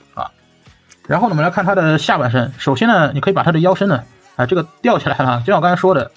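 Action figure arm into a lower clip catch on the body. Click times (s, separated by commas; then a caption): 0.2 s. After raising the shoulder section and rotating the arm 90 degrees, the plastic arm of a Transformers Age of the Primes Leader Class Liege Maximo action figure is pressed onto a clip catch underneath on the body. A sharp click at 0.2 s marks the arm seating onto the catch, and then someone talks.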